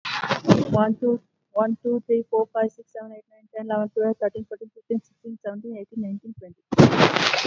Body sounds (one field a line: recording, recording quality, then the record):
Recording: counting at a fast pace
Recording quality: excellent, no background noise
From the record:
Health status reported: COVID-19 positive, mild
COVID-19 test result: positive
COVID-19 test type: RT-PCR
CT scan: not taken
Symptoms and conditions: fever, fatigue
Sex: female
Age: 33 years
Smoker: no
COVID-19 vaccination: both doses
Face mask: not worn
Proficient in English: yes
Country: India